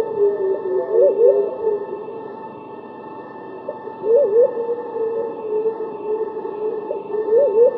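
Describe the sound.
White-faced cuckoo-dove calling in brief wavering notes, a few seconds apart, with a constant humming tone underneath.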